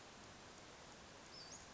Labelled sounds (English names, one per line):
Western Flycatcher